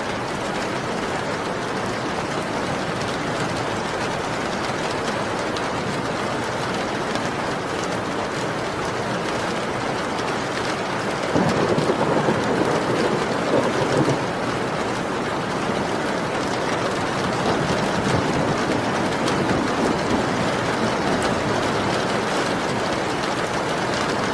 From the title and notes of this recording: Rainy thunderstorm. There's a small thunderstorm just outside your windows. You can hear the thunder but what you hear most is the rain hitting against your windows.